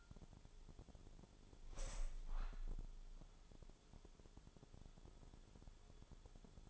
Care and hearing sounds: daily activity, microphone in the room; open window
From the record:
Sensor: 5

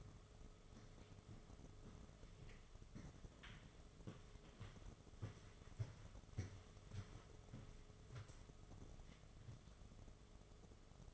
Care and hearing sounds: daily activity, microphone in the room; walk to room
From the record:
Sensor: 4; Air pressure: 1011.2 hPa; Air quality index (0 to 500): 132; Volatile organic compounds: 3 ppm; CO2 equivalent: 1358 ppm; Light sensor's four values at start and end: 210/545/234/244 and 191/493/212/219

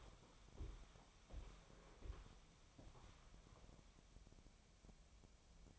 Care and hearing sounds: daily activity, microphone in the room; walk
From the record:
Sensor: 1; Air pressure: 1015.3 hPa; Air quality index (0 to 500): 130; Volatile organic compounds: 5 ppm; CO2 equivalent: 1790 ppm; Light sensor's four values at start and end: 12/28/11/13 and 12/30/12/13

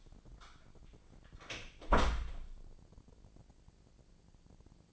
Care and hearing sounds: daily activity, microphone in the room; close door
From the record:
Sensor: 5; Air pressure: 1012.4 hPa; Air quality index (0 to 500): 160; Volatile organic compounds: 2 ppm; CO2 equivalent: 1090 ppm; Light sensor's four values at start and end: 236/576/241/264 and 232/563/236/258

